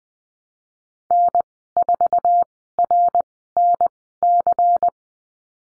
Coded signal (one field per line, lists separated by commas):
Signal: Morse code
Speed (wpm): 20 wpm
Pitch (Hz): 700 Hz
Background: none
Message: N4RNC